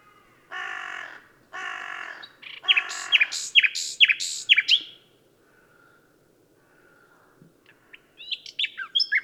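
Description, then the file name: Common nightingale giving harsh buzzy notes, then loud slurred whistles, a soft drawn-out tone and high twittering; low hum throughout. "Luscinia megarhynchos"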